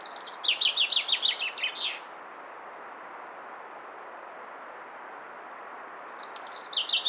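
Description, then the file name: Common chaffinch song: a rapid trill of notes dropping in pitch and ending in a quick flourish, then quiet before a second phrase starts near the end, over steady background hiss. "Fringilla coelebs"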